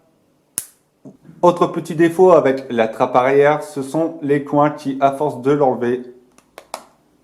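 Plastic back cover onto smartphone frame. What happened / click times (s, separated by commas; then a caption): The plastic back cover snapped into place / 0.6 s. A plastic back cover is pressed onto the frame of an Acer Liquid Zest 4G smartphone, and a corner snaps home with a loud, sharp snap at 0.6 s, seating the cover. Someone then talks, and a few faint clicks follow near the end.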